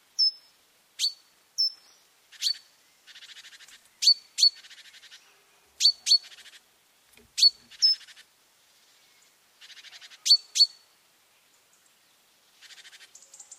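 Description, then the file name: Great tit calls: sharp high chirps in pairs and short runs, mixed with fast buzzy rattling notes, repeated irregularly throughout. "Parus major"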